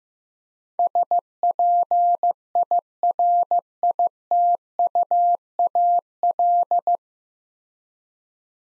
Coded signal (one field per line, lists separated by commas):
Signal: Morse code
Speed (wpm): 15 wpm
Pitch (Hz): 700 Hz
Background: none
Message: SPIRITUAL